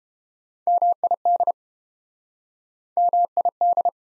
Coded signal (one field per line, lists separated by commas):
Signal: Morse code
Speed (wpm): 28 wpm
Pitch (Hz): 700 Hz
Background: none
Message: MID MID